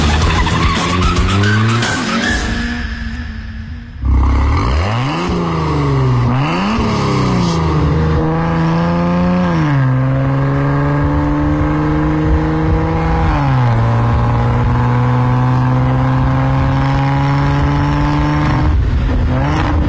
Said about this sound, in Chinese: 我们继续来聊这个玛莎的一个试驾体验啊。 这个声音明显比之前的有点长啊。 这 路都要长了一点， 因为相对来说周边会比较安静，或者说是 因为它是在封闭的那个区域， 它是在那个上赛的就是外围的，应该叫 P6 停车场。